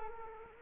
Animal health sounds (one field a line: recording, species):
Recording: mosquito wingbeat signal from an infrared sensor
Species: Culex quinquefasciatus